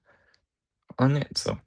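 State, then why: Not seated. A plastic part of a snap-fit Wolverine model kit is being handled against the figure body, meeting a little friction. Faint plastic handling sounds are followed by someone talking. The part has not seated or snapped into place yet.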